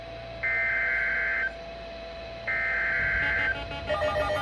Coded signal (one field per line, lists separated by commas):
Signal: Emergency Alert System (SAME) tones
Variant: header bursts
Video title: Bryan SVR | EAS #110